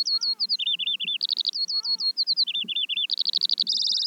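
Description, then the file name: Eurasian skylark song: quick series of high chipping notes and rolling trills that repeat, rising to a buzzy finish. "veldleeuwerik"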